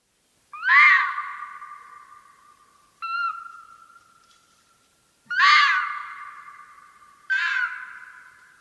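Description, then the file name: Red fox repeating harsh, rasping screams roughly every two to three seconds, four calls in all, each starting abruptly and trailing off slowly against a silent background. "fuchs"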